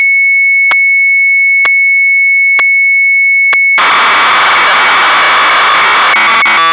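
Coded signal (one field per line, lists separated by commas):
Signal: computer data on cassette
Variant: Amstrad CPC 464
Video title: Predator (1987) - Amstrad CPC 464 (Full Tape Rip / Cassette Load)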